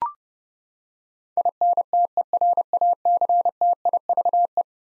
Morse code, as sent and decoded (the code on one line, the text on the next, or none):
.. -. - . .-. .- -.-. - .. ...- .
INTERACTIVE